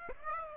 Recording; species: mosquito wingbeat signal from an infrared sensor; Aedes aegypti